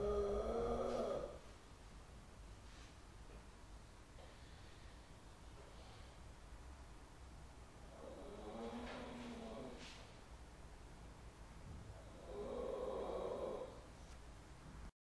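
Three loud, buzzing, low-pitched snores from an adult sleeper, separated by quiet pauses of several seconds, with an uneven rhythm.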